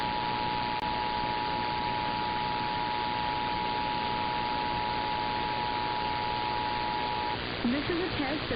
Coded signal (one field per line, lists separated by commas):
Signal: Emergency Alert System (SAME) tones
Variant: 853 and 960 Hz attention tone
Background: speech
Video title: EAS # 1017-1034: "You gotta hear this, I'm serious- (Same Header)" (Alerts of May 2022)